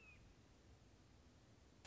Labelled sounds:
Red-shouldered Hawk
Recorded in Sonoma County, California

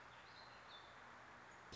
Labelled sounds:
Warbling Vireo
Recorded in Sonoma County, California

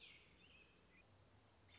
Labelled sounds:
American Robin
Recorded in Sonoma County, California

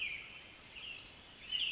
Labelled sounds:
Pacific Wren
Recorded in Sonoma County, California

